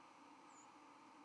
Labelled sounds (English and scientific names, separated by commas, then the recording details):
White-throated Sparrow (Zonotrichia albicollis) flight call
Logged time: 06:28 on 31 October 2014